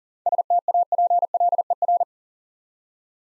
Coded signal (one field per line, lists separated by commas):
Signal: Morse code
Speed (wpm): 42 wpm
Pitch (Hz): 700 Hz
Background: none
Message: STAPLER